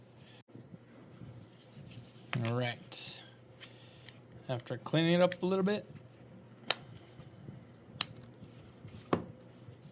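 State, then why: Seated. Someone talks while a freshly 3D-printed flexible TPU phone case, trimmed after printing, is pressed onto an iPhone around its edges. Sharp snaps are heard at 6.7, 8.0 and 9.1 seconds as the case seats, and it ends up snapped in place on the phone.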